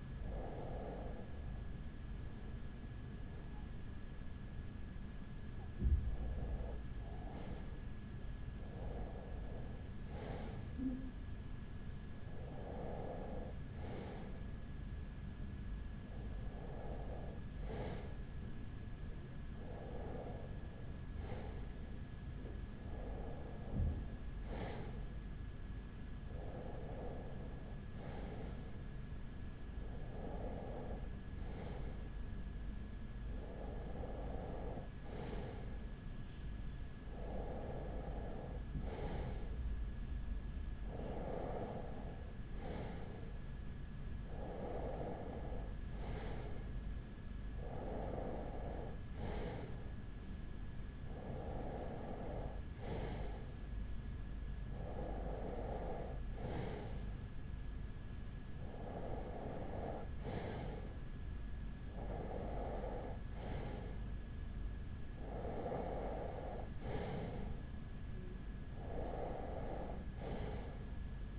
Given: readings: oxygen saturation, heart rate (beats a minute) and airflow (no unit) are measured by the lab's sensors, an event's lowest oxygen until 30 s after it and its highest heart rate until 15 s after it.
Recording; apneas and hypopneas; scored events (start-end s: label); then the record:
breathing in sleep by a smartphone at the bedside; none
none scored
From the record:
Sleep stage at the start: REM sleep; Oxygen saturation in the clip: 94 to 95%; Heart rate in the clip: 40 to 46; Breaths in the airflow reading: 20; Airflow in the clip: -5.1 to 3.9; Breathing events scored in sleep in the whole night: 207 in 7.6 hours asleep